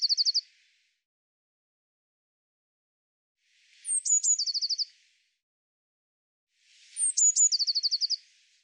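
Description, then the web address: Eurasian blue tit calling with high, thin notes followed by a rapid, slightly lower trill, the phrase repeated about every three seconds after the end of a trill at the start, against a silent background. "cianscape birddata Deverinetal 2025 File cleaned normalized Bird Cy Ca"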